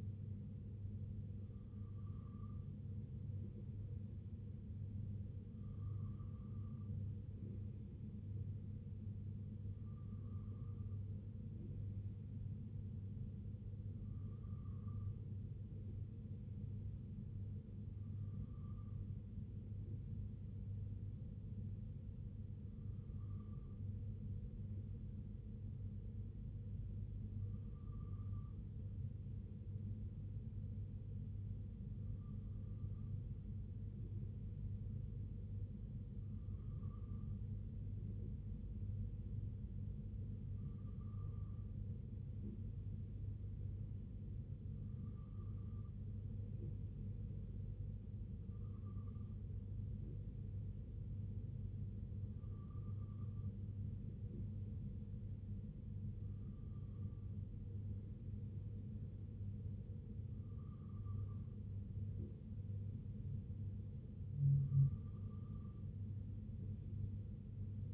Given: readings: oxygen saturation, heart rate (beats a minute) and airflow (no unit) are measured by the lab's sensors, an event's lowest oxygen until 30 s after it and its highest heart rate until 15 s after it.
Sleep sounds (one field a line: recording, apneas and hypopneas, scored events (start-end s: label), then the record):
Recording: breathing in sleep by a smartphone at the bedside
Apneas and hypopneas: none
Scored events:
18.00-67.94 s: new sleep stage, N2 (light sleep)
From the record:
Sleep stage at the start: N3 (deep sleep)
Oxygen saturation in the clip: 94 to 95%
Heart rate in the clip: 60 to 66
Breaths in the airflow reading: 16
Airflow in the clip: -2.7 to 2.1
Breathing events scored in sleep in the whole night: 258 in 7.4 hours asleep